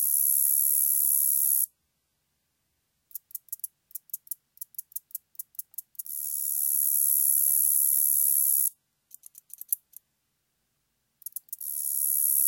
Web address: Crickets and Katydids. Common Meadow Katydid, Orchelimum vulgare